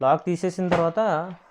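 Someone talks while handling the tilt lock lever in a gaming chair's seat mechanism, after the lock has been released. The lever is handled but not yet set, and nothing has seated or clicked yet.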